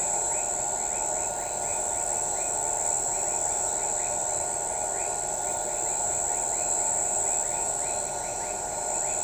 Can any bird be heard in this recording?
no